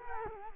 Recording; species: mosquito wingbeat signal from an infrared sensor; Culex quinquefasciatus